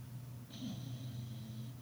The dog snoring.